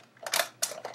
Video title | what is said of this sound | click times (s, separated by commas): Polaroid Joycam Review | it's so crazy it just pops right in | 0.6 s